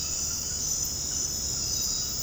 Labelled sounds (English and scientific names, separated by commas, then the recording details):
none
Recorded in dense forest near Puerto Asís, Putumayo, Colombia, on 19 February 2024 at 01:00
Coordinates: 0.486, -76.316
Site G6437